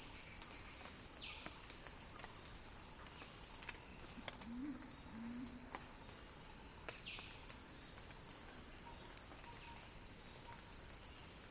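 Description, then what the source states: Cicada song, a constant, even high whine, joined midway by a brief low warbling call and occasional faint chirps. Recorded by Axel Drioli; described as a cicada crescendo.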